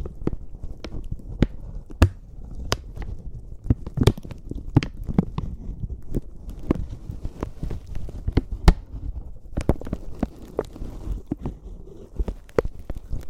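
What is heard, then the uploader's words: Slow, gentle crinkling, made of sharp crackles and snaps that strike every half second or so over a soft, low rustle. The pops are bright and irregular, thickening after about ten seconds into denser clusters of small crinkles. ASMR Slow & Gentle Crinkle Triggers. (No Talking).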